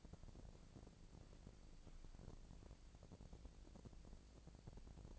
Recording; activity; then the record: daily activity, microphone in the room; walk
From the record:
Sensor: 5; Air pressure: 1012.3 hPa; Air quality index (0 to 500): 160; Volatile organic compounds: 2 ppm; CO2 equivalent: 1097 ppm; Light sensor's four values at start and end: 348/837/358/400 and 348/836/358/399